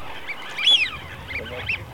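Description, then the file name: Eurasian wigeon whistle: a single clear arched 'wheeoo', rising then falling, near the middle, with fainter whistles from other birds behind it. From Russia; hunting lure sound for an electronic decoy caller. "RU Свиязь Fischione"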